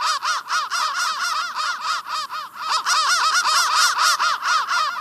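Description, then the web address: Crow caws, harsh and rapid, a dense continuous series of arched calls with no pauses. "soundfactory crow"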